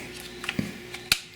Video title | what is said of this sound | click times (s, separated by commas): Autel Evo I And II – Controller Enhancement Kit - Tablet - Smartphone - CrystalSky - Mount System | just snaps into place like so | 1.1 s